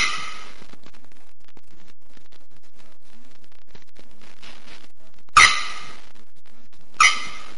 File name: Canto da araponga do nordeste